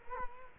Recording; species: mosquito wingbeat signal from an infrared sensor; Culex quinquefasciatus